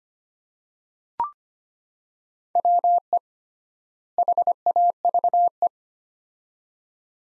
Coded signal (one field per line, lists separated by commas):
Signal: Morse code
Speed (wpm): 25 wpm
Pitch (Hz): 700 Hz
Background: none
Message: WE HAVE